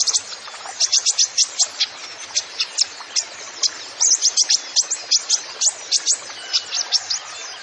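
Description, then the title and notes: Kolibri ninja song of quick, sharp high chirps packed into lively rhythmic bursts throughout. Masteran recording for training songbirds, bird singing vigorously (gacor) with full fill-in phrases (isian) and bursts (tembakan), suited as a lure (pancingan) to prompt other birds. "MASTERAN KOLIBRI NINJA TERBAIK FULL ISIAN DAN TEMBAKAN MEWAH COCOK BUAT PANCINGAN. Suara Burung Kolibri Ninja Gacor"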